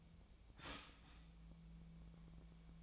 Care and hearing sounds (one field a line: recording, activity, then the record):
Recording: daily activity, microphone in the room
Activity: start toaster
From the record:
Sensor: 1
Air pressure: 1009.3 hPa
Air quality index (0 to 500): 196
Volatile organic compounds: 20 ppm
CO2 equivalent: 2679 ppm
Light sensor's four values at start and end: 21/54/22/25 and 20/53/21/25